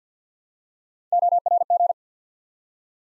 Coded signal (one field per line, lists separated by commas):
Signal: Morse code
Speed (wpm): 52 wpm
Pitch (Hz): 700 Hz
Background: none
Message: ORG